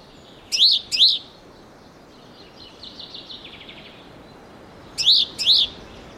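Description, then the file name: Great tit call: two bright, arched notes given as a quick pair, then a pause of about four seconds and another pair; faint twittering between. "Parus major"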